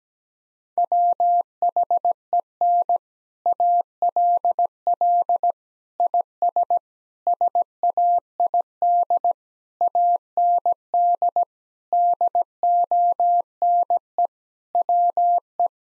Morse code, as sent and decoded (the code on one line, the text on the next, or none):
.-- .... . -. / .- .-.. .-.. / .. ... / ... .- .. -.. / .- -. -.. / -.. --- -. . / .-- .
WHEN ALL IS SAID AND DONE WE